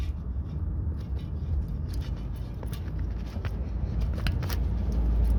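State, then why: Seated. During front wheel bearing reassembly on a Renault Megane 2, a part, likely the drive shaft end or possibly a connector, is pushed into its mating socket over a steady low rumble with light scraping and small knocks. A sharp click at 4.3 s marks the part seating in place, followed by a couple of softer knocks.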